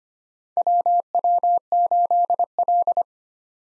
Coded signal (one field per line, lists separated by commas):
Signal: Morse code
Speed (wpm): 25 wpm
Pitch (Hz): 700 Hz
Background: none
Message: WW8L